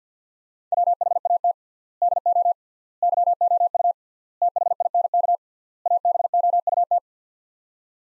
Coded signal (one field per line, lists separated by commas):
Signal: Morse code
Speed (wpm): 50 wpm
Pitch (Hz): 700 Hz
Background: none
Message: WHAT DO YOU THINK ABOUT